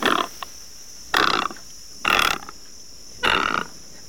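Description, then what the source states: Great egret giving harsh, croaking calls, four rough bursts each about a third of a second long, spaced roughly a second apart. Described as a ferocious call.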